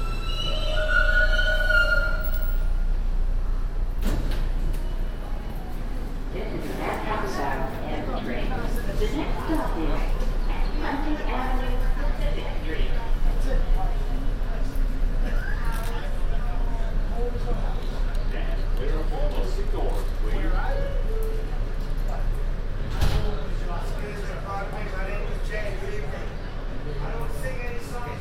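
Inside an N subway train, a steady low rumble runs under the whole recording while people talk throughout. A few tonal beeps sound in the first two seconds, and sharp clanks or bangs break through near 4 and 23 seconds.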